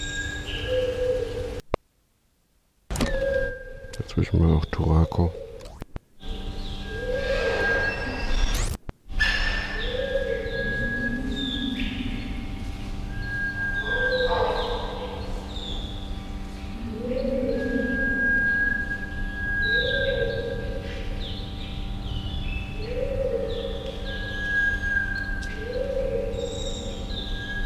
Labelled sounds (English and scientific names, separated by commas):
Sunbittern (Eurypyga helias)